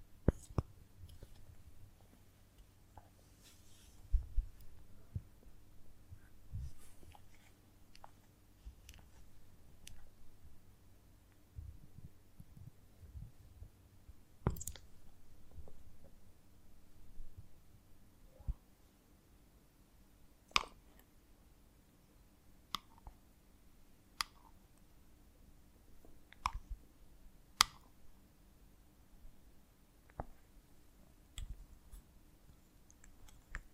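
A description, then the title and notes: Honeycomb on a branch handled in sparse, sharp clicks and crackles, scattered irregularly over a low steady hum, with brighter snaps near 14, 21 and 27 seconds. ASMR of a Honeycomb on Branch (No Talking).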